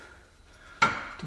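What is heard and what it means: An asymmetric tool extension is turned to fit into a hole in a front suspension component during a Jaguar S-Type front suspension teardown. After a quiet low hum, a sharp metallic knock with a brief ringing tone lands at 0.8 s, followed by a softer thud around 1.2 s. The extension only partly goes in: the rod has not reached all the way to the end.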